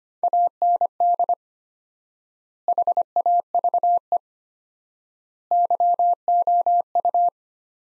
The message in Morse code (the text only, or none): AND HAVE YOU